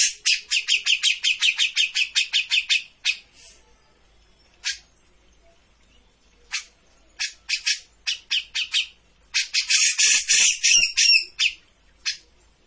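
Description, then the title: Grey-cheeked bulbul delivering a long run of quick repeated scratchy notes, then scattered single notes and short runs, and a loud harsh burst near the end. Bird-training master of a bird in full, energetic song (gacor). "Cucak Jenggot Gacor. Masteran burung cucak jenggot ! Suaka burung"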